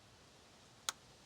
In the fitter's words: You heard that click?